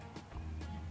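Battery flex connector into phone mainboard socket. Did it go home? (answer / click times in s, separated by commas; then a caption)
no / none. During an LCD replacement on an Oppo A3 Pro smartphone, the battery flex connector is being handled and pressed down toward its socket on the phone's mainboard, with music playing throughout. Nothing has seated or clicked yet; the clip ends just before the connector snaps home.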